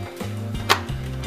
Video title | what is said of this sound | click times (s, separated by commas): Switching to team red! RX 480 and PSU upgrade | All right. Nice click. | 0.7 s